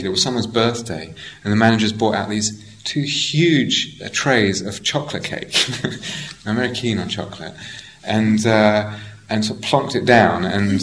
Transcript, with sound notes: It was someone's birthday, and the managers brought out these two huge trays of chocolate cake. [laughs] I'm very keen on chocolate. And sort of plunked it down, and...